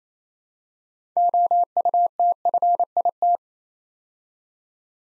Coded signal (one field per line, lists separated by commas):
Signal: Morse code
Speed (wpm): 27 wpm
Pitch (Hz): 700 Hz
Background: none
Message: OUTFIT